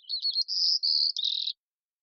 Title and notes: White-crowned Sparrow, Zonotrichia leucophrys, Songs and Calls, probably an immature bird learning the song or experimenting with variation